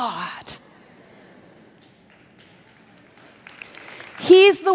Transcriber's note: applause